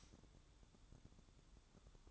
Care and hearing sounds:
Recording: daily activity, microphone in the room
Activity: light off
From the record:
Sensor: 3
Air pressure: 1007.9 hPa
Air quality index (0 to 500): 105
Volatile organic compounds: 1 ppm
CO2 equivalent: 878 ppm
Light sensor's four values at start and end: 9/22/9/9 and 9/22/9/9

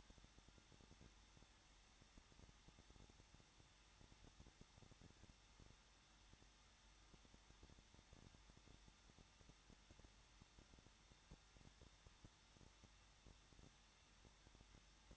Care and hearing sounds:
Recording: daily activity, microphone in the room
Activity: no activity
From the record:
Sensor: 3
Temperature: 21.2 degrees Celsius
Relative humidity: 36.4%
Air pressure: 1006.4 hPa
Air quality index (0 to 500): 223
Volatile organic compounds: 43 ppm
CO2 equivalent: 3191 ppm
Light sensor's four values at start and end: 2/3/2/2 and 2/3/2/2

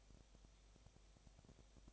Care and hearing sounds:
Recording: daily activity, microphone in the room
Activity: no activity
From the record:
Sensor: 1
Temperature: 19.8 degrees Celsius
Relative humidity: 37.9%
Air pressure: 998.8 hPa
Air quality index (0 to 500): 233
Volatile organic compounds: 134 ppm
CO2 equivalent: 3950 ppm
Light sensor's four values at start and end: 1/2/1/1 and 1/2/1/1

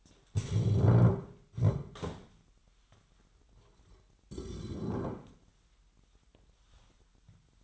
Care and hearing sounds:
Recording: daily activity, microphone in the room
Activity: stand up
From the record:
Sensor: 3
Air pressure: 998.4 hPa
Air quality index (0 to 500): 129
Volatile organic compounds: 4 ppm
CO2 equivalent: 1538 ppm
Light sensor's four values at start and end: 8/19/8/8 and 7/14/7/8

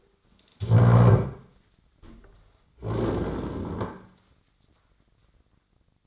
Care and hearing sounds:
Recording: daily activity, microphone in the room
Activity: stand up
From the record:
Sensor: 3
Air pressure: 1009.3 hPa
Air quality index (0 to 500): 180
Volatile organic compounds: 3 ppm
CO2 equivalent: 1455 ppm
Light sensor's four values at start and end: 48/122/54/55 and 43/110/49/51

